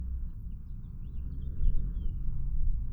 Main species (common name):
House Finch